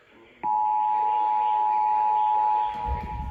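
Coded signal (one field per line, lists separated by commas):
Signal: Emergency Alert System (SAME) tones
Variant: 853 and 960 Hz attention tone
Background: speech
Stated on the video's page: Real EAS alerts received from several stations over two days, including new stations and clear reception of alerts from Lake Charles.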